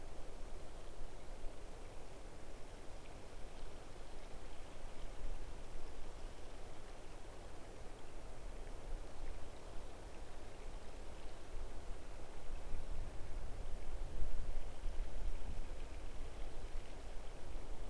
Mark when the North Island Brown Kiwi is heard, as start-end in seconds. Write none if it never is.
none